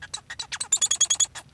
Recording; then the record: song of a male Bengalese finch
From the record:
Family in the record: son of father 1